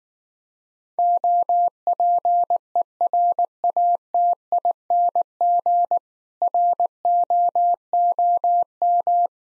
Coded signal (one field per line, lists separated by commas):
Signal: Morse code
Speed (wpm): 19 wpm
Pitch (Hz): 700 Hz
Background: none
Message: OPERATING ROOM